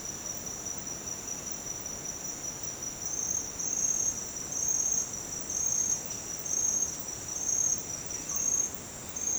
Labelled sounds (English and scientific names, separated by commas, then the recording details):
Russet-backed Oropendola (Psarocolius angustifrons)
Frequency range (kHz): Russet-backed Oropendola (Psarocolius angustifrons) 0.9-3.9 kHz
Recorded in dense forest near Puerto Asís, Putumayo, Colombia, on 19 June 2025 at 08:00
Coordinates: 0.484, -76.317
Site G045